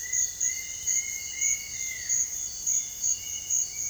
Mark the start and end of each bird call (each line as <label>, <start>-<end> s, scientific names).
Attila citriniventris, 0.00-2.38 s
Attila spadiceus, 2.69-3.89 s